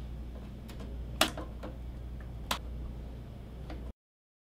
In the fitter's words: click on the bottom. Same thing for the other stick. Next,